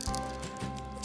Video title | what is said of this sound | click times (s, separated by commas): UNBOXING! - The Unbelievable Gwenpool Medicom Mafex 071 Action Figure - Toy Review | okay good I heard a snap I got it back together so | 0.1 s, 0.2 s